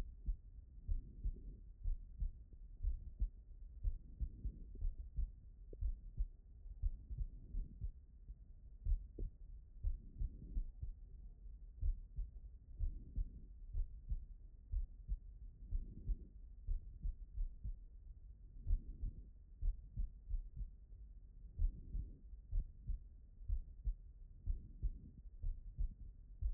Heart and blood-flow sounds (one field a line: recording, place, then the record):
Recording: heart sounds by stethoscope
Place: pulmonary valve (PV)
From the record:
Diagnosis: non-HFrEF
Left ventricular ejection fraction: 71%